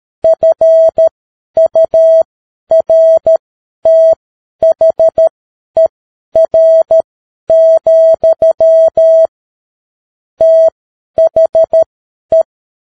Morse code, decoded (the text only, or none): FURTHER, THE